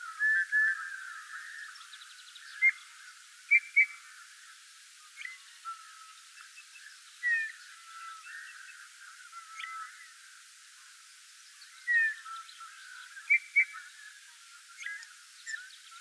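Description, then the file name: Eurasian Bullfinch calls: short, soft whistled notes, sometimes doubled, given at irregular intervals over a faint hiss. "Pyrrhula pyrrhula"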